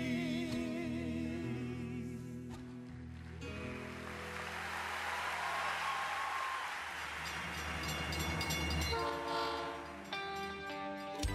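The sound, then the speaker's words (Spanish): A train rumbles past with a loud, steady roar, its deep multi-tone horn sounding at the start and again near the end, no voices present. “La recuperación de los trenes en nuestro país ayuda a mejorar la calidad de vida de todos los ciudadanos.”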